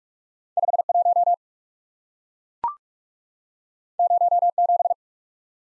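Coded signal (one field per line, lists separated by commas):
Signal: Morse code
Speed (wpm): 44 wpm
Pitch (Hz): 700 Hz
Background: none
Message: 51 07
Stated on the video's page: Morse head-copy drill at 45 wpm of random two-character letter and number combinations, each sent, spoken, then sent again.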